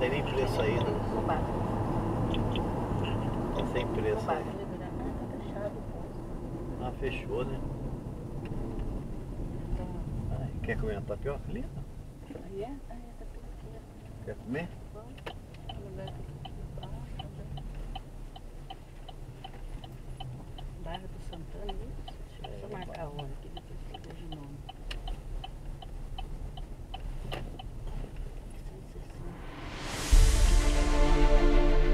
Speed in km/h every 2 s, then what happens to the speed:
73, 64, 54, 38, 22, 10, 11, 14, 8, 8, 7, 5, 6, 6, 6, 3.
0-32 slows to 3.